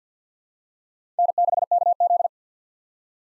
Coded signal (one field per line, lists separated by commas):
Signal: Morse code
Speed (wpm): 50 wpm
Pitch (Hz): 700 Hz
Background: none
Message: N6KZ